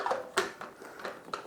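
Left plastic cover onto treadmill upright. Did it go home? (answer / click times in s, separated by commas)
no / none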